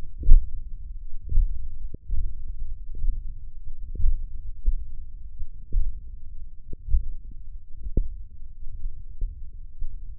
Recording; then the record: forearm muscle sounds (acoustic myography)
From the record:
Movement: hook grip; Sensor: system 1, eight BSWA MPA416 microphones around the upper forearm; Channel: 6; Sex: male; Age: 20 years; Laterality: left